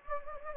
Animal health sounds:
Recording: mosquito wingbeat signal from an infrared sensor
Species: Anopheles gambiae

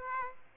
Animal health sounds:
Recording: mosquito wingbeat signal from an infrared sensor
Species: Aedes aegypti

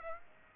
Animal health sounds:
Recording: mosquito wingbeat signal from an infrared sensor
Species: Aedes aegypti

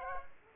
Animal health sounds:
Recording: mosquito wingbeat signal from an infrared sensor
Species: Culex pipiens

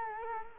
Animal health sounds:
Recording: mosquito wingbeat signal from an infrared sensor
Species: Culex quinquefasciatus

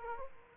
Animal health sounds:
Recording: mosquito wingbeat signal from an infrared sensor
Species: Aedes aegypti

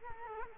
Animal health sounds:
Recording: mosquito wingbeat signal from an infrared sensor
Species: Culex quinquefasciatus

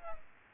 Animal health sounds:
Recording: mosquito wingbeat signal from an infrared sensor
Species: Aedes aegypti

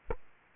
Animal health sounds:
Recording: mosquito wingbeat signal from an infrared sensor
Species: Aedes aegypti

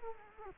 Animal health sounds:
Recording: mosquito wingbeat signal from an infrared sensor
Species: Culex quinquefasciatus

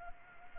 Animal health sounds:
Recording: mosquito wingbeat signal from an infrared sensor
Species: Culex pipiens

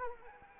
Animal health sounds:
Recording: mosquito wingbeat signal from an infrared sensor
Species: Anopheles arabiensis

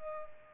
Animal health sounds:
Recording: mosquito wingbeat signal from an infrared sensor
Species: Culex pipiens

